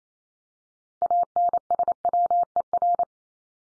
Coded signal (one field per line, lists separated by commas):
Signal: Morse code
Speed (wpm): 28 wpm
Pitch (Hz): 700 Hz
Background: none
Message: ANSWER